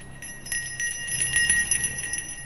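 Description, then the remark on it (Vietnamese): A ritual hand bell is shaken continuously by a Then ritual master reciting an incantation in a courtyard at night, its bright, high-pitched ringing tones sustained and overlapping, with soft irregular jingles and no voices. “Ông Then bắt đầu rung chuông niệm chú.”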